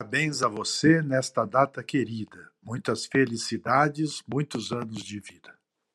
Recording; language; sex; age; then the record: short text; Brazilian Portuguese; male; 60 to 69 years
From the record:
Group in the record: control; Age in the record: 60 years